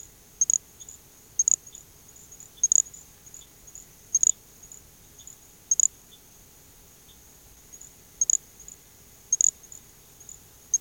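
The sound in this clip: Little grass frog giving very high, thin, insect-like chirps at irregular intervals over a faint steady hiss.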